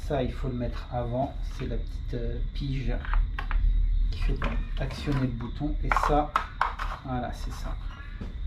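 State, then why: Not seated. Someone talks while reassembling a Würth 18V cordless vacuum, fitting the small plastic pin that actuates the power button into its housing. A short sharp hit is heard at about 3.5 s amid handling noise. Nothing has seated or clicked yet.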